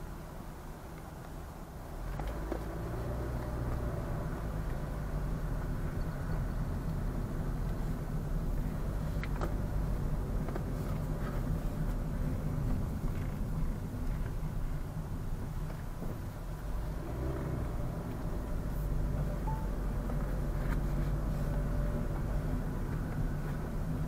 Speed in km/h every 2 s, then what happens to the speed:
7, 9, 13, 16, 21, 25, 24, 16, 14, 20, 24, 26.
0-10 speeds up to 25. 10-16 slows to 14. 16-21 speeds up to 26.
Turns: none.